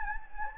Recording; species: mosquito wingbeat signal from an infrared sensor; Anopheles gambiae